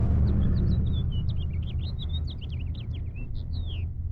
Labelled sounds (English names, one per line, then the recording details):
House Finch song
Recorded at Lawrence on Long Island, New York, on 4 June 1975
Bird F